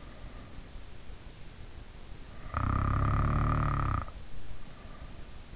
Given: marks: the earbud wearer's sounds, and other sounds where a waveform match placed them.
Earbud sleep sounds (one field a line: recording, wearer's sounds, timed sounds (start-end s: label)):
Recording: sounds in sleep by an in-ear microphone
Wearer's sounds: snoring breath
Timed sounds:
2.27-4.27 s: snoring breath